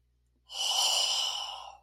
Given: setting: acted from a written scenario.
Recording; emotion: vocal sound without words; awe